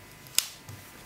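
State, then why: Seated. An interchangeable lens is twisted onto the bayonet mount of a Nikon D4 camera body. A single sharp, loud click at 0.4 s, loud enough that it can't be missed, marks the lens locking in place, followed by a faint softer sound around 0.7 s. The lens is seated and locked.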